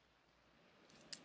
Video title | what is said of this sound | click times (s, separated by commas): Ford anglia Restoration p1 continues due to technical difficulties | So that will actually help hold it in, that little bit of a click. | 1.1 s